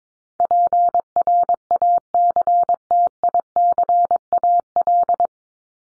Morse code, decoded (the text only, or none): PRACTICAL